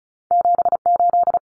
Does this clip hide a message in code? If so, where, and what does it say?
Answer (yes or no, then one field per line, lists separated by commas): yes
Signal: Morse code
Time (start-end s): 0.3-1.4 s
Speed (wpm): 34 wpm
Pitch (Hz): 700 Hz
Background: none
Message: 78